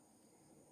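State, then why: Not seated. During a Vivo Y53 LCD replacement, the upper flex cable is being handled toward its connector on the phone board to lock it in. Only a steady, low background hiss with faint high tones is heard, with no distinct sounds. Nothing has seated or clicked yet.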